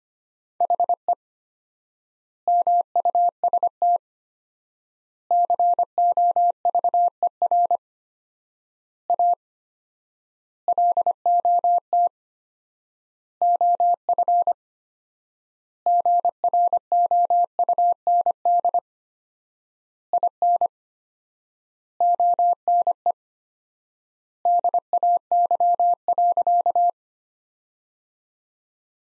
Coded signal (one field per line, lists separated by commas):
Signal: Morse code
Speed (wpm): 25 wpm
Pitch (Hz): 700 Hz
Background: none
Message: HE MUST COVER A LOT OF GROUND IN ONE DAY.